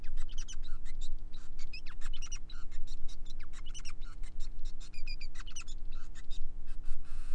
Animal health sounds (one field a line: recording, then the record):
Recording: song of a male Bengalese finch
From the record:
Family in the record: son of father 5